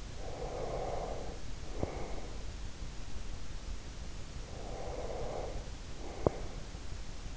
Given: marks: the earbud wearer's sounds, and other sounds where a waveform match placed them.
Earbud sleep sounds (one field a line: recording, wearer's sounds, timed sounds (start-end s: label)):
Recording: sounds in sleep by an in-ear microphone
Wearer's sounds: breath, teeth grinding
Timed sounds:
0.17-2.52 s: breath
4.49-6.72 s: breath
6.12-6.40 s: teeth grinding